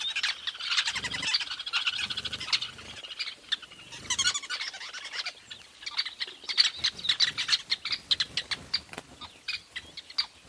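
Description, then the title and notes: Weavers chattering, a busy stream of high squeaky calls, then sharper separate chips and squeaks from many birds. Recorded at a large weaver nest in Etosha National Park, Namibia. "Secret Life Of A Weaver Nest. a large Weaver nest in Etosha NP, Namibia"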